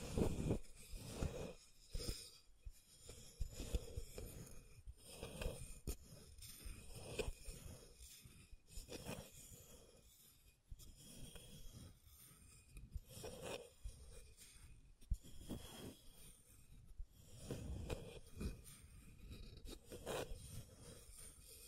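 Scratching and tracing strokes, a continuous run of rough, raspy rubbing that repeats in short sweeps about once or twice a second. The scrapes carry a bright, hissy edge over a dry, gritty body, with brief louder strokes near the start, around 15 seconds and 20 seconds.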